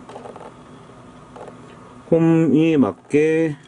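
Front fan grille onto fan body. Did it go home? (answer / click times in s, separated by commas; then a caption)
no / none. The plastic front grille of a YOICHI KARING YF-U700 corded/cordless fan is held against the fan body and lined up with its grooves before being locked on. Faint handling taps come at about 0.1, 0.4 and 1.4 s, then someone talks from about 2.1 s. Nothing has seated or clicked yet.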